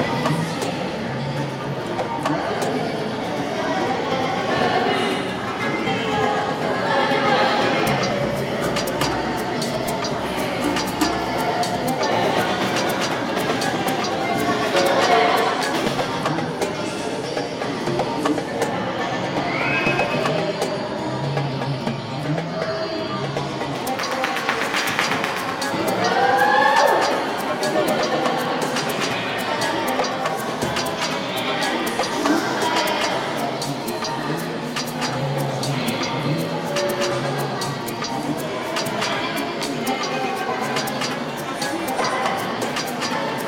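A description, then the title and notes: A busy traditional café in Tunisia, filled with a steady, dense murmur of many overlapping voices. Short clinks and clatters pop up throughout, with a few louder bright knocks around 15 and 26 seconds. Traditional cafe, Tunisia. Cafe in Mahdia reimagined by Stuart Renshaw.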